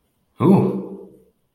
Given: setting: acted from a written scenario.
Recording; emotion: vocal sound without words; interest